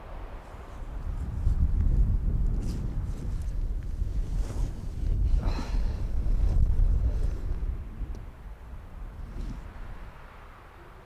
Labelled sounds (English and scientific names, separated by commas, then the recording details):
Arctic Fox (Vulpes lagopus)
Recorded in the wild
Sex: male
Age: adult
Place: Insel Mednyi, Kommandeur-Inseln, RU
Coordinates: 54.5167, 168.083
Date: 1999-06-22 18:45
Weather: Nebel, 4°C, z.T. starker Wind
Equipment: Sony WM-D6C, Sennheiser ME 80, Windkorb, Kopie Sony TCD-D8
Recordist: Frommolt, Karl-Heinz